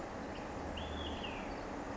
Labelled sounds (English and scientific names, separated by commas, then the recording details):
Olive-sided Flycatcher (Contopus cooperi)
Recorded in Sonoma County, California